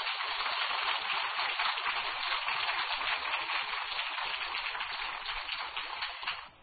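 A crowd applauds in a dense, steady wash of clapping that holds for several seconds and tapers off slightly at the end, with no voices.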